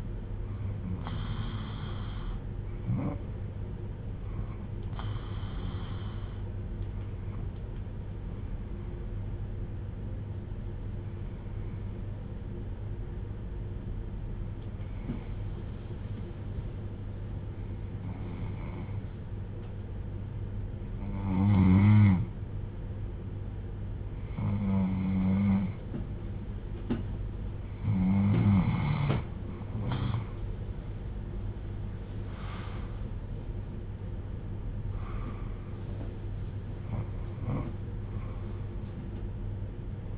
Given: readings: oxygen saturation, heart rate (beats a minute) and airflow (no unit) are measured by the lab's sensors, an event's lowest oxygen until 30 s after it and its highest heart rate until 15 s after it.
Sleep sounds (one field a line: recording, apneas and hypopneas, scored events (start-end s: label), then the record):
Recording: breathing in sleep by a smartphone at the bedside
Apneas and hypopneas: 1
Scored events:
8.00-28.20 s: hypopnea (N2, oxygen 94% highest, then 89% lowest)
From the record:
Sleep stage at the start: N2 (light sleep)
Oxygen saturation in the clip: 90 to 94%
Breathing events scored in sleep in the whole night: 310 in 8.1 hours asleep